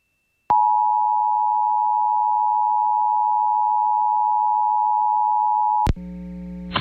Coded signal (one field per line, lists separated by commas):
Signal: Emergency Alert System (SAME) tones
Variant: 853 and 960 Hz attention tone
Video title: Severe Thunderstorm Warning 5/2/22 [EAS #592]